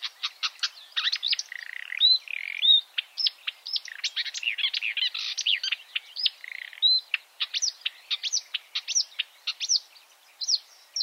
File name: suara-kicauan-burung-marsh-warbler -omkicau